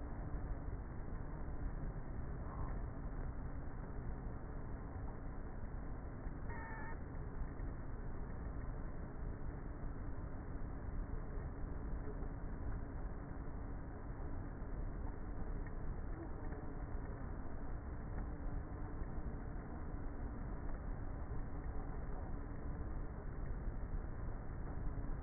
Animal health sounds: honeybee colony, microphone inside the hive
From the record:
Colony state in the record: queenless with a low population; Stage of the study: before two queens were removed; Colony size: about 30,000 bees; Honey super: no

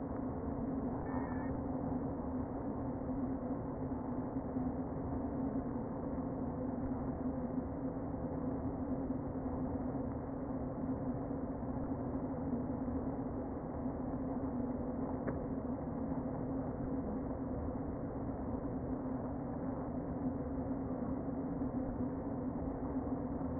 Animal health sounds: honeybee colony, microphone inside the hive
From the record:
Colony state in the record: queen present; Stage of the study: before two queens were removed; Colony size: about 60,000 bees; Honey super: yes

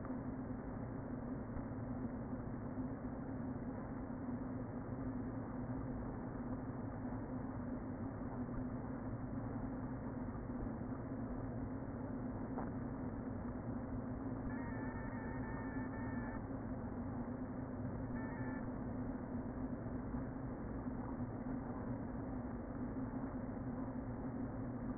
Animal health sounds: honeybee colony, microphone inside the hive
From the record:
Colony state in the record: queen present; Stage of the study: before two queens were removed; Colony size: about 60,000 bees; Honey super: yes

